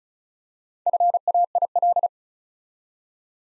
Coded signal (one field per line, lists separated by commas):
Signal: Morse code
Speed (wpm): 36 wpm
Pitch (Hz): 700 Hz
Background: none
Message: FAIL